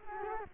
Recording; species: mosquito wingbeat signal from an infrared sensor; Culex quinquefasciatus